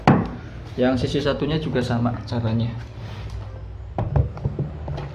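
A plastic locking clip on a part of an Epson LX-310 dot-matrix printer is slid backward while the part is pulled upward, releasing with one sharp knock at 0.1 s as the part lifts free. Someone then talks, followed by a few lighter knocks between about 4.0 and 4.9 s.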